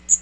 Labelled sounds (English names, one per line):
Magnolia Warbler flight call